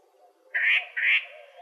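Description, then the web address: Yellow-breasted Chat giving two harsh, nasal squawking notes in quick succession over faint low background tones. Arizona Field Ornithologists sound library recording filed under other warblers; apparently recorded 24 April 2004. "Sound Library Other Warblers AZFO YBCH deviche 042404"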